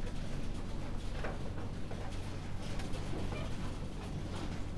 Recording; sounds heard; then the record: poultry house recording; healthy chickens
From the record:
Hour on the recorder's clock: 3